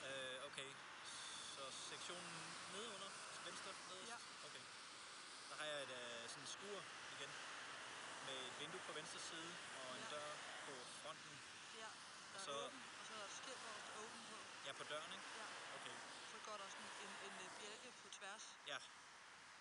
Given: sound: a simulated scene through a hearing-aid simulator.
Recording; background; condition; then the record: conversation; traffic; 0 dB SNR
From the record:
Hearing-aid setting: I (fast-acting compression, audibility-based gain); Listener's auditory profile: A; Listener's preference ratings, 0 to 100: 63, 41, 31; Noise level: 75 dB SPL